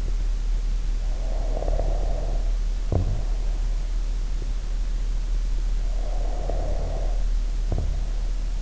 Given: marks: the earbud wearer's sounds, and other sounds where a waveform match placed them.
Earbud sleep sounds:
sounds in sleep by an in-ear microphone; snoring breath
1.19-3.90 s: snoring breath
5.86-8.62 s: snoring breath

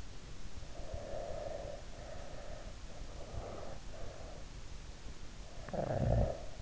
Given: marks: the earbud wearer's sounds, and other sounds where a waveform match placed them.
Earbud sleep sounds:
sounds in sleep by an in-ear microphone; breath, snoring breath
1.12-4.44 s: breath
5.49-6.62 s: snoring breath

